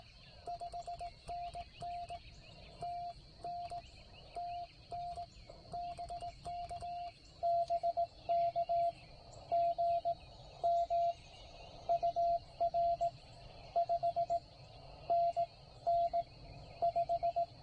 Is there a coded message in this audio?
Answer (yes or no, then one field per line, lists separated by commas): yes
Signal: Morse code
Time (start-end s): 0.5-17.4 s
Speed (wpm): 19 wpm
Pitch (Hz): 690 Hz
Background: radio noise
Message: 5NN TN TN BK BK GM UR 5NN 5